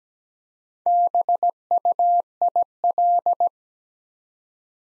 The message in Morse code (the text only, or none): BUIL